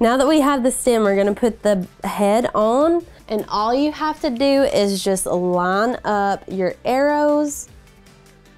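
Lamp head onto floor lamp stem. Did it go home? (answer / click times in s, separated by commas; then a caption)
no / none. A woman talks while the head of a Cricut Bright 360 floor lamp is lined up by its arrows to go onto the stem. After the talking stops around 7.6 s, there is only a faint, brief tap near 8.1 s. The head has not clicked or seated onto the stem yet.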